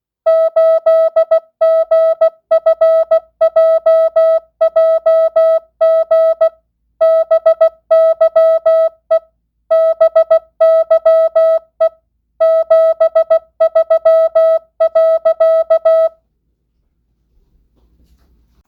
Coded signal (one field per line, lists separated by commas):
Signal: Morse code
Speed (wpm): 16 wpm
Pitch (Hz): 650 Hz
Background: music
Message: 8GFJJG BYE BYE 73.